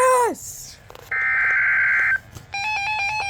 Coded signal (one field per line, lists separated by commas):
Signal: Emergency Alert System (SAME) tones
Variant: header bursts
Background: speech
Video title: EAS 2 2ND RARE SNOW SQUALL WARNING